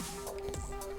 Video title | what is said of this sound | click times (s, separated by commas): How to replace the G5 Deadmeat Blades | you can feel it snap into place that's the cool thing about the snap lock collar super easy to use | 0.5 s